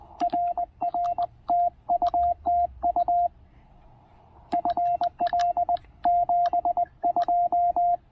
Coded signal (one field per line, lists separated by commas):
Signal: Morse code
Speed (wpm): 20 wpm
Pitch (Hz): 690 Hz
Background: radio noise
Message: RR TU TU FL 72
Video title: Logging some serious QRP DX with the TR-45 and Tufteln EFRW during a quick afternoon POTA break!